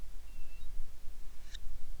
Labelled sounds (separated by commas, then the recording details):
wind
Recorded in the Prudhoe Bay oil fields, Alaska, on 10 July 2019 at 09:38
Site 11